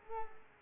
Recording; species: mosquito wingbeat signal from an infrared sensor; Culex pipiens